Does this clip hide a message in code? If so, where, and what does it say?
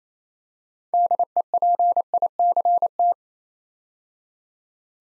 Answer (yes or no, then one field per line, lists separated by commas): yes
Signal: Morse code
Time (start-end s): 0.9-3.1 s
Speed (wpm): 29 wpm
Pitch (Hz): 700 Hz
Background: none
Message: DEPICT